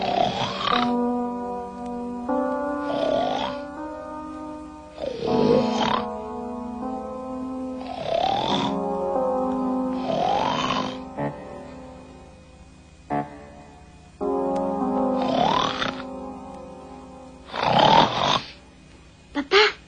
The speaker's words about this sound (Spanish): Que estás destrozando el mito a ronquidos.